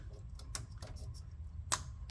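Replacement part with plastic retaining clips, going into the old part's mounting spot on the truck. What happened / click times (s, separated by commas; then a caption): The part's plastic clips snapped in on both sides / 0.5 s, 1.7 s. A replacement part with plastic retaining clips is pushed into the old, unplugged part's mounting spot on a 1989 truck. Sharp plastic clicks are heard at 0.6 s and 1.7 s as the clips snap in on both sides, with a few fainter ticks between them. The part is seated.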